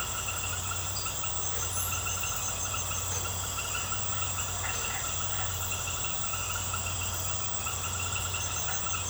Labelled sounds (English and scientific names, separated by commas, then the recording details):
none
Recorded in secondary vegetation near Puerto Asís, Putumayo, Colombia, on 24 March 2025 at 21:00
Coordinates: 0.468, -76.324
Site G059